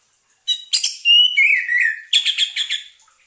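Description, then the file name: Orange-headed thrush song of varied whistled notes, with a drawn-out slurred whistle in the middle and a chattering run at the end. Orange-headed thrush (anis merah) song used as a lure recording, intended to keep a bird from becoming stressed. "suara pancingan burung anis merah agar tidak stress"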